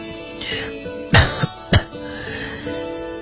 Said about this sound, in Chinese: KDA 没有说话，德里特里便咳嗽了两声，继续说下去。